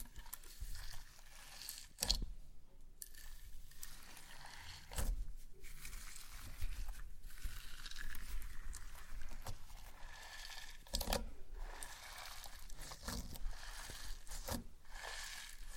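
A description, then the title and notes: Slime being handled, with a steady run of soft wet squelches, crinkles and sticky scraping that never fully stops. Sharper pops and squishes stand out near 2, 5, 7 and 11 seconds, and a few lighter clicks scatter between them. No voice or music is heard. ASMR SLIME! 5 Satisfying Slimes.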